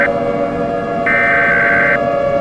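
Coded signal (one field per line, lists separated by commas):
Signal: Emergency Alert System (SAME) tones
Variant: header bursts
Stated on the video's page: Fictional EAS scenario based on a game.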